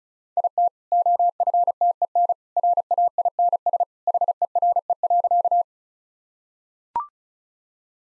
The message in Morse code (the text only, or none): IT OFTEN RAINS HERE.